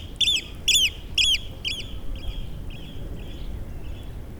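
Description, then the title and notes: Eurasian oystercatcher with loud, shrill piping notes about twice a second, quickly fading away, over a low rumble of wind. Single oystercatcher flying past the recorders at Nexø, Denmark; low mud sound and some wind noise on the mics; recorded with Sony PCM-D100 internal mics. "Hovedgade 1L, 3730 Nexø, Denmark - Flying oystercatcher. Flying oystercatcher, passing in front of recorders. Low mud sound. Passage d’huîtrier pie. Faible bruit de vase"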